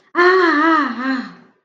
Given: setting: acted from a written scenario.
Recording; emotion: vocal sound without words; interest